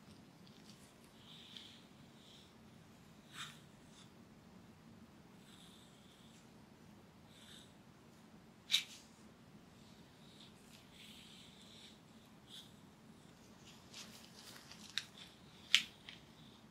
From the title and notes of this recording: TimASMR-Real Person Hair Play, Back Tracing, Scratching & Massage (NO TALKING).